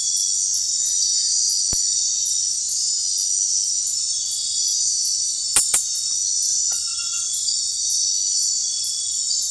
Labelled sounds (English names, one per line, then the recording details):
none
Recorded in secondary vegetation near Puerto Asís, Putumayo, Colombia, on 4 March 2025 at 00:00
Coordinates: 0.499, -76.323
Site G094